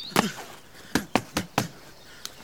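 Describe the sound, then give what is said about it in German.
A burst of fist punches: one thud, a pause, then four quick hard blows in a row and a last faint hit, each a sharp, loud smack with no voices. “Mit den Fäusten zu kämpfen.”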